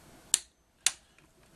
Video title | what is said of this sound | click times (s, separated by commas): Penguin Engine and Transmission Teardown Part 8 - Right Side Cover and Ignition Points | There, and the click of the torque wrench confirms that the screw is tight. | 0.3 s, 0.9 s